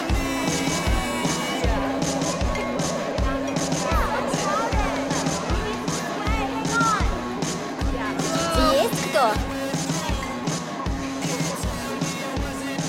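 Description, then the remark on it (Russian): Dense, steady crowd chatter fills a busy, dark bar, many voices blurring together without clear words, while a regular thumping low beat pulses underneath throughout. “В темном помещении они пробираются сквозь толпу в бар.”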